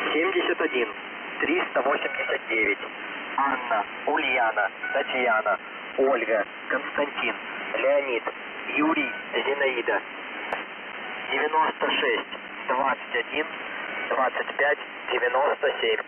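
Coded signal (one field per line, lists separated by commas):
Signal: coded military voice message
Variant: Squeaky Wheel, Russian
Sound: russian voice reading numbers, then spelling a word with phonetic-alphabet names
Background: radio static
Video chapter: 00:21 message in phonetic alphabet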